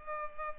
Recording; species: mosquito wingbeat signal from an infrared sensor; Culex pipiens